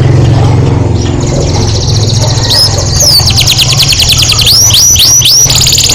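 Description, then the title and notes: Canary song with fast high trills and a few upswept notes repeated near the end, over a steady low rumbling hum. Canary song meant to stimulate other birds to sing more intensely. "PANCINGAN SUARA MASTERAN KENARI BIKIN BURUNG MAKIN MENGGILA. masteran kicau kenari"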